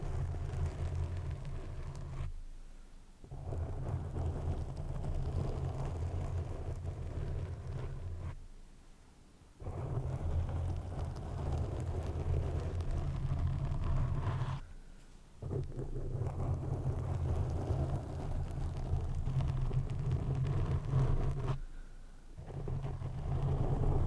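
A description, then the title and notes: Mic brushing and scratching against foam make a dense, rumbling rustle with a heavy low-end hum and a fizzy top. It runs nearly continuously, broken by brief near-silent pauses around 2, 8, 14 and 21 seconds before resuming at the same level. Mic Brushing, Scratching & Tingly Foam Sounds.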